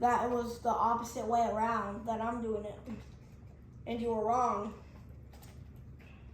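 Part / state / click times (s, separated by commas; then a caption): plastic leg piece into spider decoration body/frame / not seated / none. A plastic leg piece is handled against the body frame of a jumping spider holiday decoration while someone talks. A few faint handling noises follow near the end. Nothing has seated or clicked yet.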